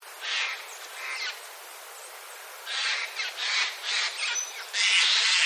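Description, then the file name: Eurasian jay with loud grating squawks: two rasps, a pause, then several harsh bursts and a longer screech. "kakesu"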